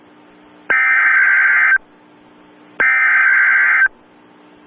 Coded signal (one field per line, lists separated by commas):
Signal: Emergency Alert System (SAME) tones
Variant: header bursts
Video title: EAS Scenario - The Hypercell